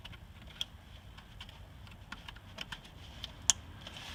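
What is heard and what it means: A wiring harness connector is plugged onto the front VVT (variable valve timing) solenoid of a 1999 Lexus RX300. Quiet, faint handling ticks lead up to a sharp click at 3.5 s as the connector seats. There is no talk in the clip.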